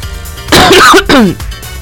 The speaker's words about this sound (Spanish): Ay, Dios, me dio tos.